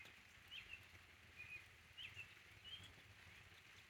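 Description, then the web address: Small bird chirping: quick high tweets in short bursts, over soft rain hiss. "codly ambient-or-nature birds in the rain"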